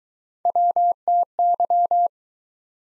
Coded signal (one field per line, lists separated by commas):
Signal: Morse code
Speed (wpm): 21 wpm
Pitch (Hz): 700 Hz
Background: none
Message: WTY